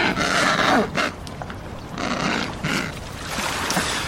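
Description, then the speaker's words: Adélie penguins calling, harsh braying bursts with a squawk near the start, several birds overlapping over a steady noisy background. Beach Adélie penguins, field recording made in Antarctica. "You're listening to some Beach Adelie penguins from Antarctica, recorded by Cheryl E. Leonard."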